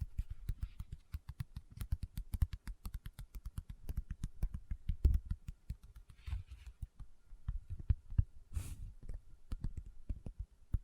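Close-up paper handling, a rapid, dense run of soft crinkles and taps, with a longer scratchy rub near six seconds and a brighter swish near nine.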